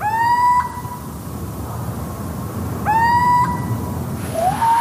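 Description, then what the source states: Little owl territorial song: a rising, drawn-out mellow hoot given twice about three seconds apart, with a third starting at the end. Territorial song, a short song often repeated many times in a row.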